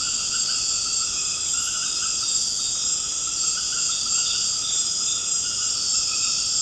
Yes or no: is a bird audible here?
no